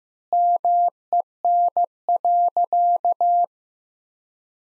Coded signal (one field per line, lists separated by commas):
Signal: Morse code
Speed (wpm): 16 wpm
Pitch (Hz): 700 Hz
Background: none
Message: MEN.